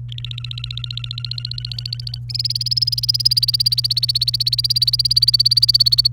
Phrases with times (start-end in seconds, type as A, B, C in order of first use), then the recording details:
0.08-2.18 A, 2.29-6.08 B. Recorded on 28 April 2018 at 12:46. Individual llb3